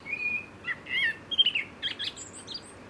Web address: Sound Effects-Foundation 1 BIRD BLACKBIRD CALL